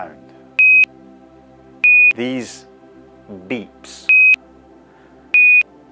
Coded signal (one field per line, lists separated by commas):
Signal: Quindar tones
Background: speech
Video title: What are those NASA BEEPS?